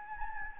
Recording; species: mosquito wingbeat signal from an infrared sensor; Anopheles gambiae